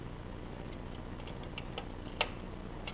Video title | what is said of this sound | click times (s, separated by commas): Lego Star Wars #7261 Clone Turbo Tank Review | Yeah, that click. That means it's going to stay up. | 2.2 s